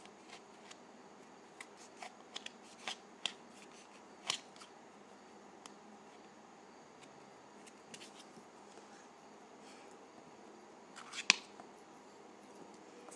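Dry putty being handled for ASMR, heard as scattered soft clicks, crackles and light snaps over a faint steady hiss. The small sounds come irregularly every second or so, with a sharper crackle near four seconds and the loudest pop around eleven seconds.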